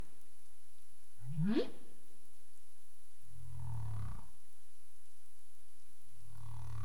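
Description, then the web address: Humpback whale calls: a sharp rising upsweep climbing from a low pitch to a high squeal, followed by low rumbling grunts, over steady underwater hiss. Caribbean, recorded 27 April 2035 at 22:05 UTC. "CARIMAM clean data humpback whale"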